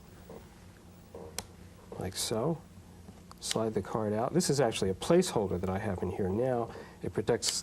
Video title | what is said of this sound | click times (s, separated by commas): Computer Chronicles S08E05 Palmtop Computers | off right and we unlock it like | 1.4 s